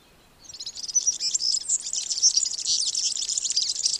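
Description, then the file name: European serin song starting after a short pause: a high, hurried, metallic jingle of sizzling notes sustained to the end. "Mathias Ritschard - Evropejskij vyurok Serinus serinus"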